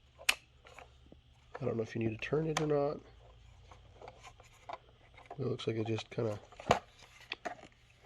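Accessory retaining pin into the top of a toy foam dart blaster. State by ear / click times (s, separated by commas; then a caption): seated / 6.7 s, 7.3 s. Someone talks while pushing a small retaining pin on a plastic accessory down into the top rail of a toy foam dart blaster, with a sharp tap near 0.3 s and quieter handling rustles between. The pin pops into place with clicks at 6.7 s and 7.3 s, and it is seated.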